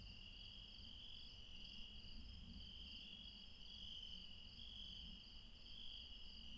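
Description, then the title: Insect chorus of continuous high-pitched trilling in several layered bands, over a low rumbling background. Late night, mountains, Refuge Krevatia, Barbala, Dion, Greece. "Refuge Krevatia, Μπαρμπαλά, Dion 601 00, Greece - Late night mountain insects"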